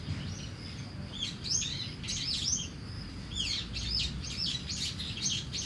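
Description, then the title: Starling song of squeaky, chattering phrases repeated throughout, over a steady high cricket trill and low traffic rumble. Singing in a tree in Kiyosumi garden, Tokyo, Japan, with crickets and cars; binaural recording with DPA 4060 microphones and a Deity PR-2. "Kiyosumi garden, Tokyo, Japon - Starling in a tree"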